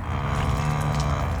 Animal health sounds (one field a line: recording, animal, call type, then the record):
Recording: contact call of a hoofed animal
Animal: cattle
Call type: low-frequency (closed-mouth) or high-frequency (open-mouth) call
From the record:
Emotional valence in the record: negative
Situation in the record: separation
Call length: 1.40 s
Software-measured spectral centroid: 2320 Hz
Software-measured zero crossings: 1240 a second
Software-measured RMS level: -24 dBFS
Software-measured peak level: -12 dBFS